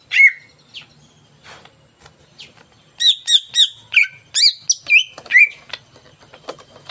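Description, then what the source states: Greater green leafbird song: scattered single notes give way to a fast run of sharp chirps and looping slurred whistles. Vigorous (gacor) song of a caged bird, played as a lure to make other caged birds sing before their cages are hung up.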